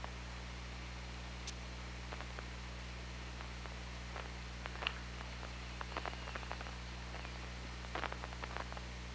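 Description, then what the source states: Killer whale clicks: scattered sharp, short pulses, some in quick bursts near the middle and end, over a steady low underwater hum. OrcaLab hydrophone, 24 August 2017.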